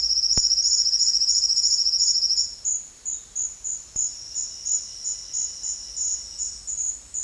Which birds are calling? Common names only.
Silvered Antbird, Southern Lapwing